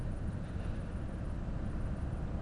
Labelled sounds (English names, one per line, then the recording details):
none
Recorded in Germany
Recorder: ecoPi